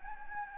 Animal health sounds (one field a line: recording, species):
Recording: mosquito wingbeat signal from an infrared sensor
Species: Anopheles gambiae